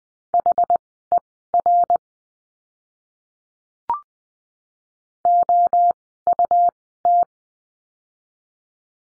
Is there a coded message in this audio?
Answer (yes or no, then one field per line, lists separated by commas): yes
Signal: Morse code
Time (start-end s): 0.3-7.2 s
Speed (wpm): 20 wpm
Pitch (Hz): 700 Hz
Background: none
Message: HER OUT